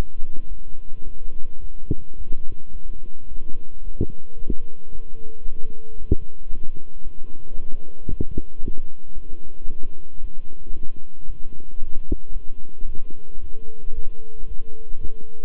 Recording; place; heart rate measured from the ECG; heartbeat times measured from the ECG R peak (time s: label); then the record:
heart sounds by stethoscope; between the tricuspid and mitral areas; 112 bpm
0.47 s: heartbeat
1.03 s: heartbeat
1.59 s: heartbeat
2.16 s: heartbeat
2.71 s: heartbeat
3.27 s: heartbeat
3.82 s: heartbeat
4.37 s: heartbeat
4.90 s: heartbeat
5.44 s: heartbeat
5.97 s: heartbeat
6.50 s: heartbeat
7.02 s: heartbeat
7.55 s: heartbeat
8.08 s: heartbeat
8.61 s: heartbeat
9.13 s: heartbeat
9.67 s: heartbeat
10.19 s: heartbeat
10.72 s: heartbeat
11.25 s: heartbeat
11.78 s: heartbeat
12.32 s: heartbeat
12.85 s: heartbeat
13.39 s: heartbeat
13.93 s: heartbeat
14.46 s: heartbeat
14.99 s: heartbeat
From the record:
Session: walking at 3.7 km/h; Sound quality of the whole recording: good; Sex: male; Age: 26 years